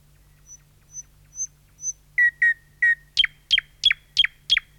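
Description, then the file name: Thrush nightingale song: four soft pure whistles swelling in volume, then three fuller notes and a quick series of loud downslurred notes. "satakieli"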